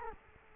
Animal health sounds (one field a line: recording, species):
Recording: mosquito wingbeat signal from an infrared sensor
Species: Culex quinquefasciatus